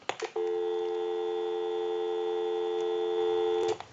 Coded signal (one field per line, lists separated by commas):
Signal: telephone call progress tone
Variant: North America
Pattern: dial tone